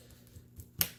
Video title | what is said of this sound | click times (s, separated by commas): AquaCulture Aquarium 10 Gallon Unboxing & Setup | we go double click | 0.8 s